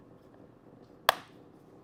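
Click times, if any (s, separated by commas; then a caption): 1.1 s. After inflating, the air hose of an Ampbank AP 3000 portable jump starter/air compressor is tucked into its storage slot in the plastic housing. A single sharp, strong click is heard at 1.1 s over quiet background noise, and the hose snaps into place and is seated.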